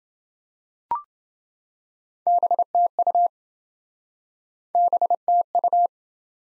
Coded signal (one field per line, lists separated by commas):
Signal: Morse code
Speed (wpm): 26 wpm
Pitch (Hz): 700 Hz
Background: none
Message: BTU BTU